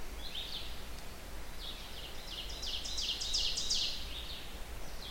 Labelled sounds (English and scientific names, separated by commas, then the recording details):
Ovenbird (Seiurus aurocapilla) song
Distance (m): 50 m
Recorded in boreal forest in Alberta, Canada, on 16 June 2016 at 06:31
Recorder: SongMeter 3, array SBT-3-32
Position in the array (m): 67 m, 166 m
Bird 37